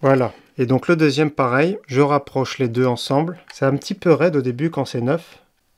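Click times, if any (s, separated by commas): none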